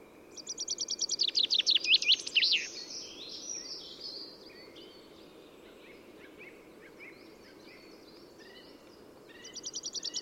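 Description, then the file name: Common chaffinch song: a fast rattling trill that grows louder and ends in a flourish, followed by fainter birdsong, then a new loud trill starting at the end. "Fringilla coelebs"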